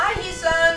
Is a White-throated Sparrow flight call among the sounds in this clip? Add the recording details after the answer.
no. No flight call is heard. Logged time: 01:18 on 4 September 2014